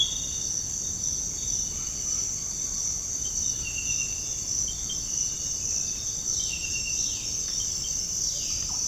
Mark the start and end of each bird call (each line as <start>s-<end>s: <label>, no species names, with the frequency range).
1.64s-3.29s: bird call (0.5-2.2 kHz)
6.28s-8.86s: bird call (0.2-4.9 kHz)